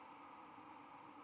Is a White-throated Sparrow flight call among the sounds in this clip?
no